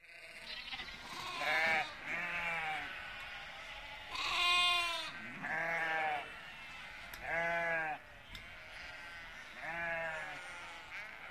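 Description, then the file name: Sheep giving six quavering, harmonic bleats, the loudest near the middle. "Schafe"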